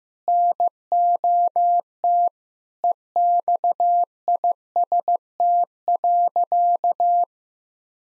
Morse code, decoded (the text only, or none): NOT EXIST.